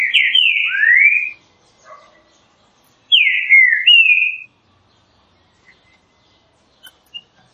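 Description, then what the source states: Green-winged saltator song with two full phrases of loud falling whistles, ending in a few faint notes. Classic song, used for training.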